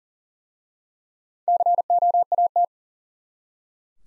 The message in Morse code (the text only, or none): COAT